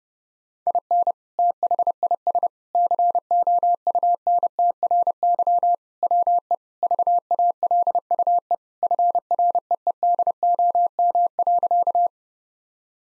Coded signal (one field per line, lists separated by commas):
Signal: Morse code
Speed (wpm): 30 wpm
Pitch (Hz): 700 Hz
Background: none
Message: IN THIS COUNTRY WE VALUE FREEDOM.